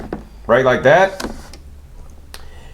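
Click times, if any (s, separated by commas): 2.3 s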